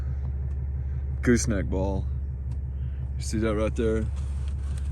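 Someone talks over a steady low engine rumble while hooking a trailer back up, working a metal gooseneck coupler latch on the hitch ball; short faint metallic knocks come at about 0.3, 4.5 and 4.8 seconds. The latch won't go through the pin or lock around the ball, possibly because it is cold or frozen, so nothing has latched yet.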